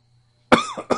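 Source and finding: Adult. Cough.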